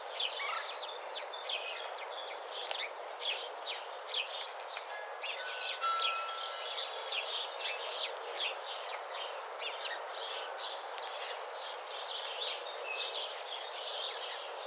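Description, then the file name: House sparrow calls, many short chirps and cheeps overlapping in a busy stream, with a brief thin whistle near the middle. "Passer domesticus"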